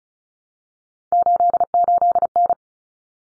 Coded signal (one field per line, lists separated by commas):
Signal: Morse code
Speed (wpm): 34 wpm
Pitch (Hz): 700 Hz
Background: none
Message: 88N